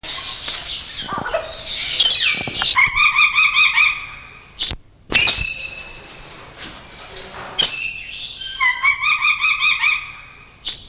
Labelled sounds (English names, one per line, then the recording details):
Golden Parakeet call
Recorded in captivity
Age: adult
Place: Zoo Berlin, Berlin, DE
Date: 1986-02-07 10:22
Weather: sunny, -10°C
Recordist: Tembrock, Günter